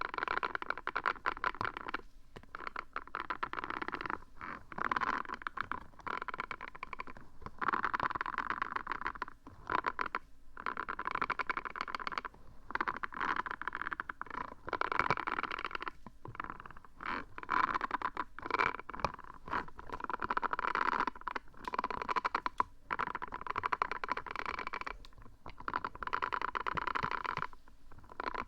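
Odd trigger sounds from things like a hollow tube, a silicone paw cleaner and stress balls are handled in a steady run of squishy, rustling rubbing. The texture stays dense and mid-pitched, broken every second or two by brief silent gaps.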